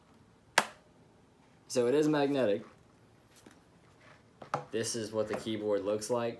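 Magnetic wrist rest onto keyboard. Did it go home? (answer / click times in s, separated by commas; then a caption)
yes / 0.6 s. A magnetic wrist rest is brought against a keyboard until it latches into place, giving one sharp, loud click at 0.6 s. Afterward, someone talks.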